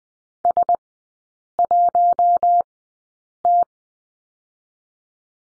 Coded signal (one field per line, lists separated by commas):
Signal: Morse code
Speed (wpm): 20 wpm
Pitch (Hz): 700 Hz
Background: none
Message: S1T